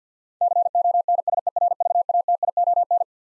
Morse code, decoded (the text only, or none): CONSERVATION